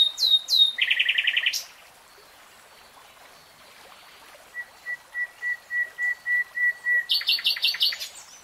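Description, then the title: Nightingale song: high chirps and a buzzy rattle, a pause, then a series of pure piping whistles leading into a rapid high trill. Nightingale singing in real time. "[Tiếng chim hót] 3 Hours REALTIME Nightingale Singing"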